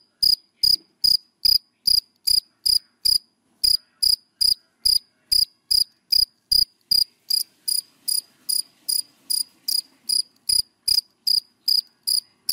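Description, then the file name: Cricket chirping in short, even pulses of about two to three per second, with a brief gap near the start. Crickets calling, given by the Vietnamese names dế mèn, dế cơm and dế than. "Tieng de men de com de than keu"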